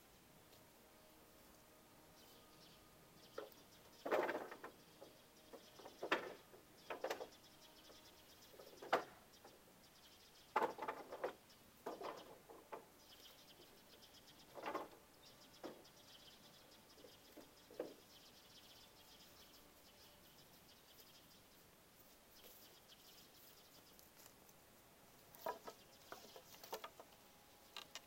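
Dry wood gives off short, sharp clicks and cracks in irregular bursts, thickest over the first eighteen seconds. After a quiet stretch, a few more snaps come near the end. A faint, steady hiss runs underneath throughout.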